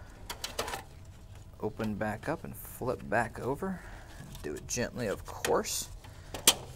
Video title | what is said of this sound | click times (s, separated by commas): Dell EMC PowerEdge R740xd Server Review & Overview - Memory Install Tips - How to Configure System | and you're going to push the blue tabs back down and hear it click | 0.3 s, 0.4 s, 0.6 s